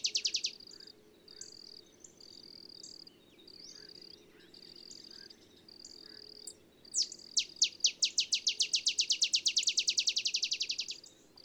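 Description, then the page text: Olive sparrow song: a bright chip series that accelerates into a fast trill, following several seconds of pulsing high insect buzz. Singing in the early morning in Texas, 50 miles north of the Mexican border; simple songs likened to a field sparrow's bouncing-ball song. "Olive sparrow. Recording early morning just 50 miles north of the Mexican border in Texas"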